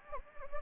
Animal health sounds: mosquito wingbeat signal from an infrared sensor; Anopheles gambiae

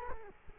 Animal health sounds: mosquito wingbeat signal from an infrared sensor; Culex quinquefasciatus

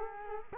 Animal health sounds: mosquito wingbeat signal from an infrared sensor; Culex quinquefasciatus

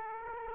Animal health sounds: mosquito wingbeat signal from an infrared sensor; Aedes aegypti

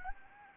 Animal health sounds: mosquito wingbeat signal from an infrared sensor; Anopheles gambiae

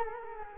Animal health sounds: mosquito wingbeat signal from an infrared sensor; Culex quinquefasciatus

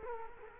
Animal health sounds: mosquito wingbeat signal from an infrared sensor; Culex quinquefasciatus

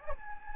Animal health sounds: mosquito wingbeat signal from an infrared sensor; Anopheles gambiae

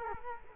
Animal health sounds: mosquito wingbeat signal from an infrared sensor; Culex quinquefasciatus

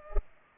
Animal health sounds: mosquito wingbeat signal from an infrared sensor; Culex pipiens

